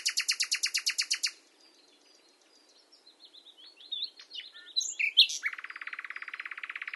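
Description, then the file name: Common nightingale song: a loud pulsed trill, quiet chattering notes, a sharp flourish, then another long, rapid, even rattling series. "Luscinia megarhynchos"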